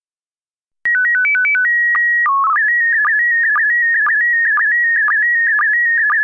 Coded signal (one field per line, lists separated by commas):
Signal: SSTV (slow-scan television)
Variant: PD 120